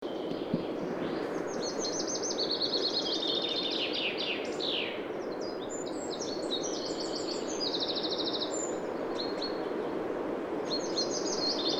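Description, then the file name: Common chaffinch song: dense, overlapping descending trills and short flourishes follow one another almost without pause, set against constant rushing background noise. "Fringilla coelebs"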